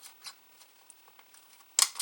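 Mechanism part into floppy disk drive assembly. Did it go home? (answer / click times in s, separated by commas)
yes / 1.8 s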